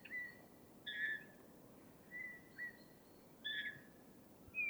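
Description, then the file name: Eurasian bullfinch soft piping whistles, some short, some longer with harmonics, roughly one each second, over faint background hiss. "Pyrrhula pyrrhula"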